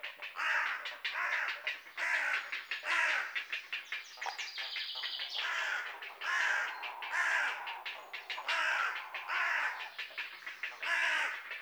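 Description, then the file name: Carrion crow giving many harsh caws in an irregular rhythm, with a short high tonal sound in the middle. "Corvus corone"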